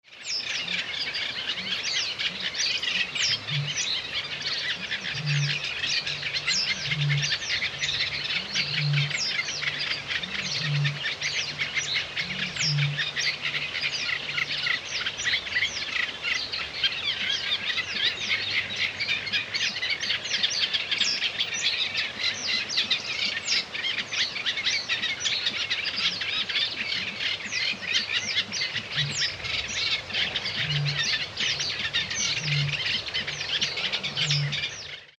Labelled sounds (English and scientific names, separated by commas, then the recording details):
Eurasian Reed Warbler (Acrocephalus scirpaceus)
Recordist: Frommolt, Karl-Heinz
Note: Gesang, im Hintergrund: Rohrammer, Rohrdommel, Wasserralle